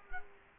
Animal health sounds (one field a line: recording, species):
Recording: mosquito wingbeat signal from an infrared sensor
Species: Culex quinquefasciatus